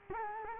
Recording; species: mosquito wingbeat signal from an infrared sensor; Culex quinquefasciatus